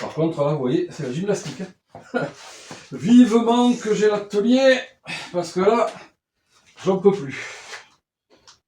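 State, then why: Seated. Someone talks while pushing a new SmartCarb SC2 carburetor's rubber intake sleeve by hand onto a 1991 Honda 250 CR dirt bike. After a pause, a short, faint pop is heard at 8.5 s as the sleeve goes in by itself and seats properly.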